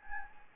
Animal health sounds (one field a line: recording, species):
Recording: mosquito wingbeat signal from an infrared sensor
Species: Anopheles gambiae